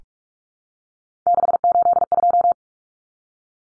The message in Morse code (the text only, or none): 682